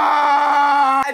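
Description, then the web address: Goat bleat: one steady, strongly harmonic cry lasting about a second, cutting off abruptly at the end. "goat"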